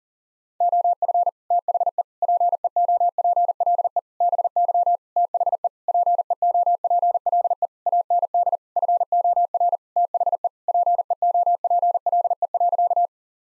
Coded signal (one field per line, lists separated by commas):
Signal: Morse code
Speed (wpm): 40 wpm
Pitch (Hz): 700 Hz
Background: none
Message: OF THE PEOPLE BY THE PEOPLE AND FOR THE PEOPLE.